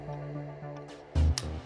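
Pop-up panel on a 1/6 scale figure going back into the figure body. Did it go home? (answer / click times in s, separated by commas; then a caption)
yes / 1.4 s. A pop-up panel on a 1/6 scale collectible figure is pushed back down until it snaps into its recess in the figure body, then closed. Over steady background music, a sharp click is heard at 1.4 seconds as the panel seats back in place.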